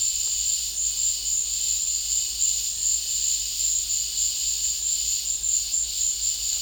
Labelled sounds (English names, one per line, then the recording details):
none
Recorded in dense forest near Puerto Asís, Putumayo, Colombia, on 20 December 2024 at 14:30
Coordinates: 0.485, -76.318
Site GP03